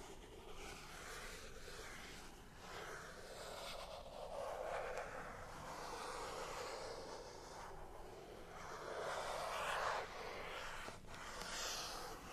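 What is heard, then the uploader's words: Scratching and tracing on a matte plastic surface, a continuous rough rustle that swells and eases in slow waves, loudest around five and ten seconds. Faint light taps break through now and then, and a low rumble runs underneath throughout. Matte Plastic Tracing & Scratchy Tapping (NO TALKING).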